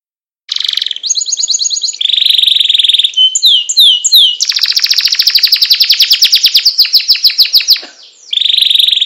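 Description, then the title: Atlantic canary song after a brief silence: buzzy notes, quick slurred whistles, then a long rolling trill and another buzzy phrase. Canary of the loper type, a master recording for training kept songbirds, singing a long trilling song style called ngerol panjang. "Kenari Loper Ngerol panjang"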